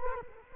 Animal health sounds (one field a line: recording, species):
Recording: mosquito wingbeat signal from an infrared sensor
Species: Culex quinquefasciatus